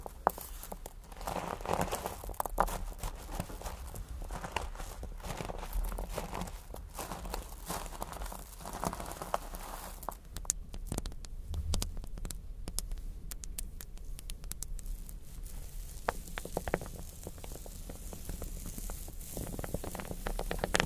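Crystals and beads tap and scratch in a busy, uneven patter of small clicks, with a low steady rumble beneath and sparser clicks after ten seconds.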